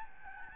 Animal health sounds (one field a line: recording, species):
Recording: mosquito wingbeat signal from an infrared sensor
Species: Aedes albopictus